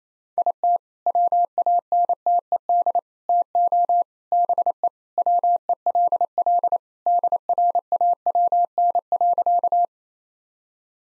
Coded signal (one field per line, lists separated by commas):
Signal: Morse code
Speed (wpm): 27 wpm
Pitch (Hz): 700 Hz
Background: none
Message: IT WANTED TO BE WELL DRAWN.